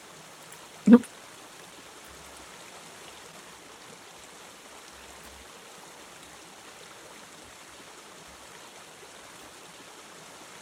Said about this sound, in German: Sehr entspannt mit den Wassergeräuschen im Hintergrund.